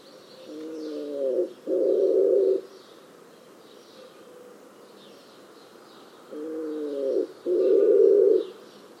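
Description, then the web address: Bird calling twice, about six seconds apart, each call a low tonal phrase followed by a rough, buzzy section; faint high sounds in the background. "cianscape. Deverinetal. Bird Only"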